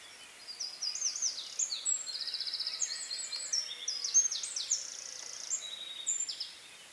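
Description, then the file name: Eurasian wren song: one long, forceful stream of very fast, high trills and piercing notes lasting about six seconds before stopping. "Troglodytes troglodytes"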